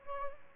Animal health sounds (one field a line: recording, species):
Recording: mosquito wingbeat signal from an infrared sensor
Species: Aedes albopictus